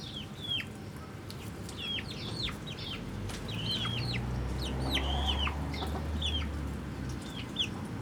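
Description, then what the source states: Chicken chicks peeping rapidly, many thin descending cheeps overlapping about three times a second, with a low rumbling drone rising in the background midway. Hens and chicks in a henhouse in the Atelier 34zero museum garden, Jette, Brussels, Belgium; recorded with DPA 4060 microphones in AB position into a Zoom F3.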